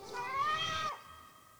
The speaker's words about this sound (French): Je crois l'avoir entendu miauler.